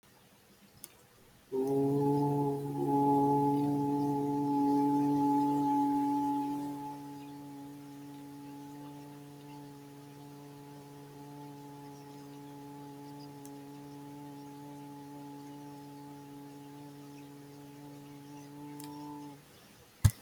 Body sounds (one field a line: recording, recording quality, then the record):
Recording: sustained vowel as in boot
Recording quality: excellent, no background noise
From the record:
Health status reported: healthy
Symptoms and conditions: none ticked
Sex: male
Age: 32 years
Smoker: not ticked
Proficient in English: yes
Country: India